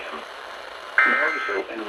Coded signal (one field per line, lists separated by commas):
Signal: Emergency Alert System (SAME) tones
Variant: end-of-message bursts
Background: speech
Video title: UNRELENTING STORMS... EAS Alerts from 7/12-7/13/21 (EAS #417-464)